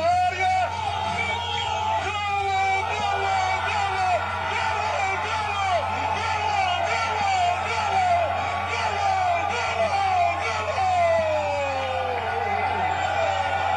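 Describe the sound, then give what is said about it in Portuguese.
A large stadium crowd roars and shouts a goal in the last minute of a match, a dense, sustained wall of many voices yelling together at a steady, loud level for the whole stretch, with rising and falling cries poking through. “Não dar a respirar, de fazer silêncio quando toda a gente está a gritar golo.”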